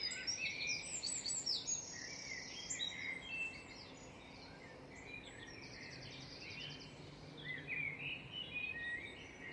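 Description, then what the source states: Birds in a busy chorus, high twittering phrases and buzzy trills overlapping throughout, louder bursts early and near the end, over faint hiss. Dawn chorus.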